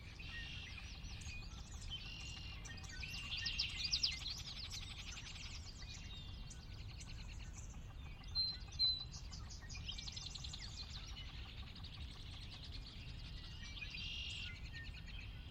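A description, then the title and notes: A post-dawn morning in Sinlahekin Valley, with busy overlapping birdsong chirping high above a steady low rumble, peaking briefly around four and nine seconds. Sinlahekin Valley post-dawn morning. The valley itself is a 16 mile long, 1/2-mile wide glacier-dug trench near the Northeastern slope of the Cascades. I've not filtered any of the water wash in these recordings.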